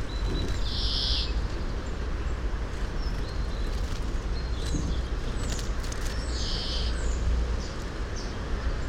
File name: Chloris chloris